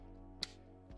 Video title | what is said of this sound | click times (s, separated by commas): Prusa MK3s to MK3.5 Upgrade | satisfying click | 0.4 s